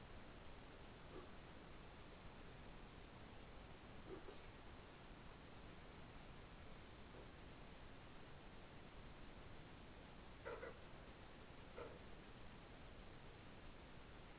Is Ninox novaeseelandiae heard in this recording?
no